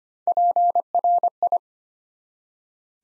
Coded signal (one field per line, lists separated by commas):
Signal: Morse code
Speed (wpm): 25 wpm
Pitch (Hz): 700 Hz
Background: none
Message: PRI